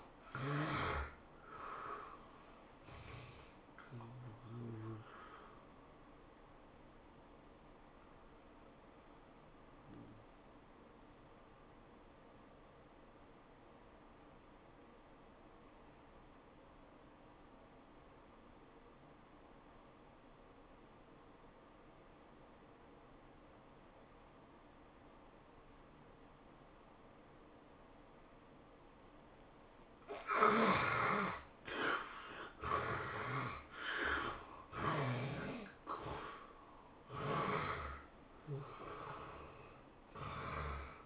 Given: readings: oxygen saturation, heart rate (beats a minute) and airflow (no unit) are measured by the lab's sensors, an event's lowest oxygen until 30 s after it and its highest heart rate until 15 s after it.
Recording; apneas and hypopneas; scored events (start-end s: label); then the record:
a person awake in a sleep study, by a voice recorder at the bedside; 1
0.00-41.06 s: awake
6.00-31.00 s: hypopnea (scored as awake, oxygen 92% highest, then 73% lowest, heart rate 108 at the start, 108 highest)
From the record:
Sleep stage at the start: awake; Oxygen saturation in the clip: 70 to 92%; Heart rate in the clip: 80 to 110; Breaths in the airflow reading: 8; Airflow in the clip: -9.2 to 13.8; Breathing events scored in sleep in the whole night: 403 in 5.5 hours asleep